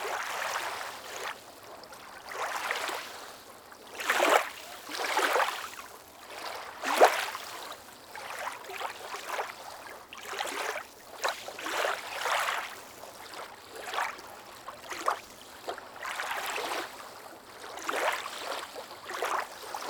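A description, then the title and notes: Small waves lap against a pier in a steady, irregular rhythm, each slap or wash rising and falling within a second or two. The splashes come roughly every second, some louder, like one near seven seconds, over a soft continuous watery hiss. These calming, small waves come up to meet the pier.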